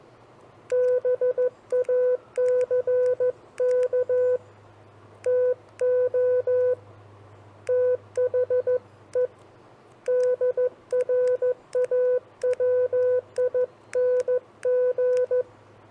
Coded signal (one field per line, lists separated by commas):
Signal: Morse code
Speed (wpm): 14 wpm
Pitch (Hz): 500 Hz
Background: none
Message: BACK TO THE DRAWING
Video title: 5 Common Phrases for CW Copy Practice